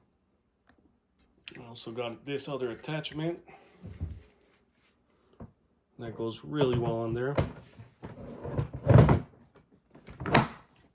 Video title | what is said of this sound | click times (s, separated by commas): A Look Into The Milwaukee Packout Tool Boxes | lock into place | 10.3 s